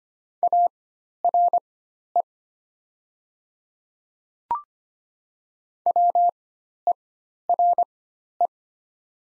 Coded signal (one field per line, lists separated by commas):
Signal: Morse code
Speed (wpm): 25 wpm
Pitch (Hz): 700 Hz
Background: none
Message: ARE WERE